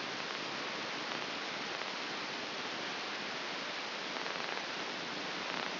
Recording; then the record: brain microelectrode recording played as sound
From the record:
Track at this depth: outside the subthalamic nucleus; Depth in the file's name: 8.504 mm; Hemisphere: left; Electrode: 2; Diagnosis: Parkinson's disease